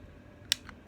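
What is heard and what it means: With the pistol slide pulled back to take pressure off the slide lock, the slide lock in the pistol frame drops down into place with a sharp metallic click at 0.5 s, followed by a much fainter tick at 0.7 s. The slide lock has fallen free, releasing the slide.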